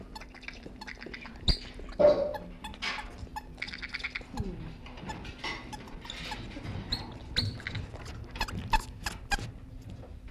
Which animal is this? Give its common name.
South American Coati